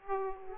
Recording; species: mosquito wingbeat signal from an infrared sensor; Aedes aegypti